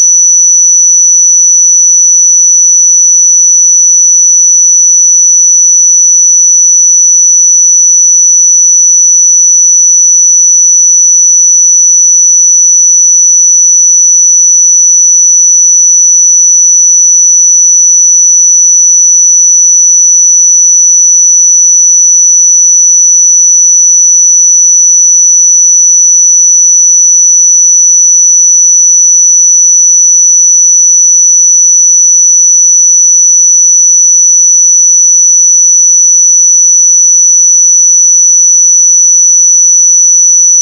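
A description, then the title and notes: A pure sine tone at 5936 Hz holds a single high, piercing pitch for the full forty seconds. Its loudness never wavers and its pitch never drifts. Nothing else sounds behind it, not even faint background noise. 5936 Hz 1 Hz Interval Sine Pure Tone Frequency 441000 Sample Mono.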